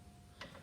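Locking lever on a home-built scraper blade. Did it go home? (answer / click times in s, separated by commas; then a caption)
yes / 0.4 s. The locking lever on a home-built driveway scraper blade is pulled so it locks into place, putting extra tension on the blade's springs. A single sharp metallic tick at 0.4 s stands out over a low, steady background rumble. The lever is seated and locked.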